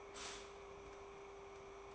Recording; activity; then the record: daily activity, microphone in the room; stop toaster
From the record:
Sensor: 1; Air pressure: 1014.7 hPa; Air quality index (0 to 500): 203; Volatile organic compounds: 36 ppm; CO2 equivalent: 3070 ppm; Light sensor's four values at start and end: 3/8/3/3 and 3/8/3/3